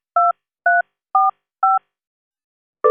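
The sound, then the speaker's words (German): Four short telephone keypad tones enter an account number on a bank's telephone banking line, pressed at an even, steady pace, each a crisp two-note beep of equal loudness, with silence between them and another sound cutting in at the very end. “Ihre Kontonummer bitte. Sie können sie sagen oder eintippen.”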